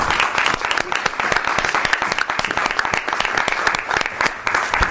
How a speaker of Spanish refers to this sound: Un aplauso